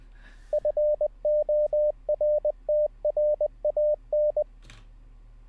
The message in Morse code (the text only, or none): FORTRAN